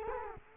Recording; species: mosquito wingbeat signal from an infrared sensor; Culex quinquefasciatus